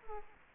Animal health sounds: mosquito wingbeat signal from an infrared sensor; Culex quinquefasciatus

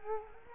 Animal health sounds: mosquito wingbeat signal from an infrared sensor; Culex quinquefasciatus

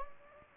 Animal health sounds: mosquito wingbeat signal from an infrared sensor; Anopheles gambiae

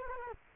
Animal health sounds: mosquito wingbeat signal from an infrared sensor; Culex quinquefasciatus

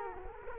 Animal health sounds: mosquito wingbeat signal from an infrared sensor; Culex quinquefasciatus

